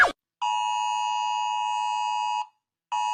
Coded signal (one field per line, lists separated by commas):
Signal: Emergency Alert System (SAME) tones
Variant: 853 and 960 Hz attention tone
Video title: rating EAS alerts pt. 1